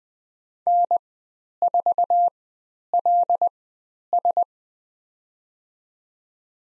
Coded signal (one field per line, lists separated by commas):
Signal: Morse code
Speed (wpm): 20 wpm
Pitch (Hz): 700 Hz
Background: none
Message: N4LS